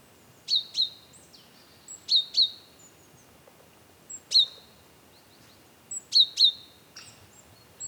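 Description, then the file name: Great tit uttering bright, high calls, mostly in pairs, at irregular intervals, with softer chirps and light background noise. "Parus major"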